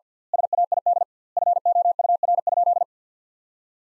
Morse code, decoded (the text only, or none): SAID FOUR?